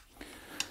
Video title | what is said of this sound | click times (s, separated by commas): Belt Sander Repair Ryobi EBS-1310V #0050 | you're just using your fingers to hold it flat rotate it anti-clockwise it clicks | 0.6 s